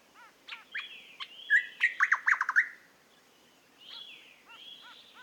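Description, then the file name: Eastern nicator delivering a loud, rapid run of chunky, liquid notes, amid softer arched chirps and slurred whistles. "British Library - Eastern Nicator Nicator gularis"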